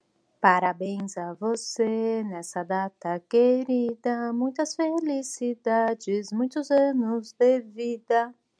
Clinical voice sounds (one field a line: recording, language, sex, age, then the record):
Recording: short text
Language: Brazilian Portuguese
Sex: female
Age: 40 to 49 years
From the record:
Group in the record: control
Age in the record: 43 years